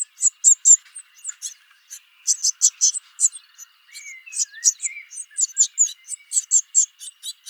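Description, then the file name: Eurasian blue tit uttering quick series of sharp, very high call notes almost continuously, with a few softer lower whistled slurs in the middle and a faint steady hum. "Cyanistes caeruleus"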